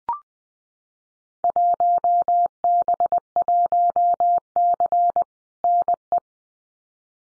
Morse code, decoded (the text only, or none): 1B1C NE